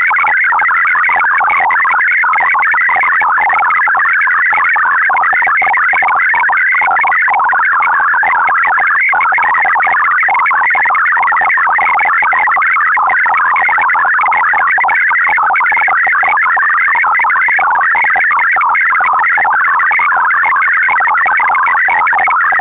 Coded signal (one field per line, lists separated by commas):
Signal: multi-tone FSK (Olivia or MFSK type)